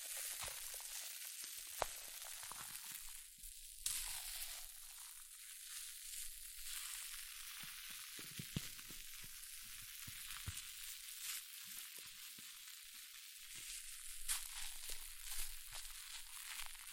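Hair mousse fizzes and crackles steadily, a dense, bright hiss full of tiny pops with almost nothing in the low end. Sharper clicks and bursts break through now and then, around 2, 4, 8.5, 10.5 and 14 seconds, and the fizz thickens slightly near the end.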